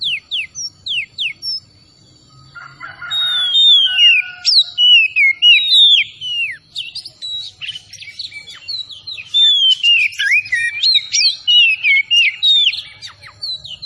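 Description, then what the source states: Oriental magpie-robin song building from a few downslurred whistles into a long, energetic run of varied whistled and twittering phrases; a steady high tone persists. Kacer Tretes type, singing vigorously (gacor).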